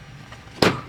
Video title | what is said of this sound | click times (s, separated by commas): 1st Gen Sequoia and Tundra SS3 Fog Light Shell | just snap them in and hear the pop. And | 0.6 s